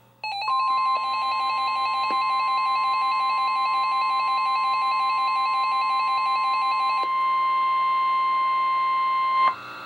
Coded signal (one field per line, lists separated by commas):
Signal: Emergency Alert System (SAME) tones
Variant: 1050 Hz attention tone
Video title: EAS #244-#266: Spot the Difference | KHB36, WNG736, KEC83, & WXM42